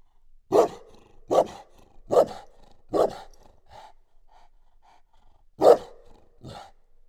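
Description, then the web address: Dog barking: four harsh barks in quick, fairly even succession, a pause with faint yelps, then two more barks. Chained dog at the end of its chain, outdoors at the Oktáva tourist house near Eger, Hungary, dated 01-28. "allathangok termeszetben kutya lancvegencsahol octava egerturistahaz 01 28"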